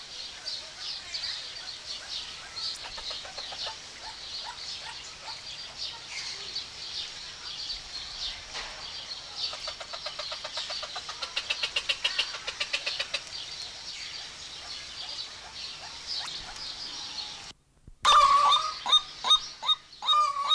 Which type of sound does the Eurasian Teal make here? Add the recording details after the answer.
call. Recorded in captivity. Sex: male. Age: adult. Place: Zoo Berlin, Berlin, DE. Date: 1991-06-03 10:24. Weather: cloudy, 12-15 °C. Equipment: Marantz, Sennheiser ME 80, Kopie Tesla B 116. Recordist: Tembrock, Günter